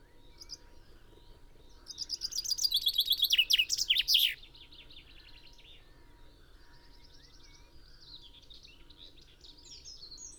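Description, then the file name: Common chaffinch song, a rattling series of notes falling in pitch to a terminal flourish, followed by faint bird notes. "Fringilla coelebs"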